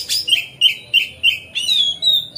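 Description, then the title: Magpie-robin repeating a downslurred whistle roughly three times a second, ending in a thin rising whistle. Masteran (training song) recorded on a terrace. "Kacer Masteran Teras"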